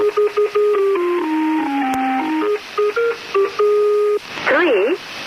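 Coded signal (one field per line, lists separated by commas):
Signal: numbers station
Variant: Lincolnshire Poacher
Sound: electronic melody of stepped steady notes, then a brief warbling, gliding tone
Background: radio static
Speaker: One of the best known number stations was the Lincolnure Poacher, named after the folk song played as an identifying signal.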